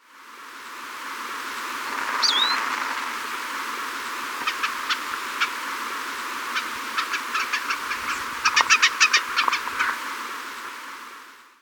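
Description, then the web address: Andean siskin song: one high slurred whistle, then scattered short high chips building into a quicker burst of twittering notes toward the end. Recorded in Ecuador. "Birds of Ecuador. Andean Siskin"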